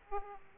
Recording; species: mosquito wingbeat signal from an infrared sensor; Aedes aegypti